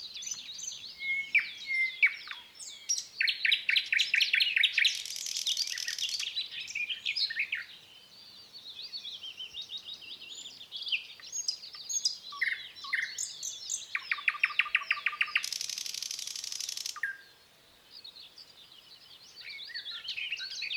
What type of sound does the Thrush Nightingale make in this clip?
song